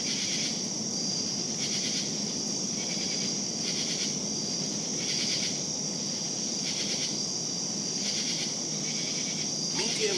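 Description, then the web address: Crickets trilling steadily at a high pitch with pulsed bursts about every second or two, and a faint sweep near the end. Crickets calling at night in savannah. "lynne-publishing Night Crickets Savannah"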